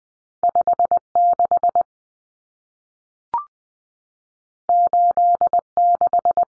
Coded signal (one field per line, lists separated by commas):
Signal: Morse code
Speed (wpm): 20 wpm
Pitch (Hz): 700 Hz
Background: none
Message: 56 86